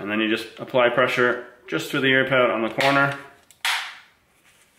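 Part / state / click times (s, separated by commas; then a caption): ear pad plastic frame into headphone ear cup / seated / 3.7 s. A replacement ear pad with a plastic frame is lined up on the ear cup of a Plantronics BackBeat Pro 2 headphone and pressed at the corner while someone talks. A sharp click is heard at 3.7 s as the ear pad's plastic frame clips into the headphone ear cup, and it is seated.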